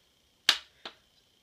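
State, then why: Released. Pinching the two plastic retaining clamps together while pushing a button from outside the plastic SNES console shell gives a sharp little click at 0.5 s, followed by a quieter second click at 0.9 s. The click marks the first set of clamps releasing, so that set comes free of the shell.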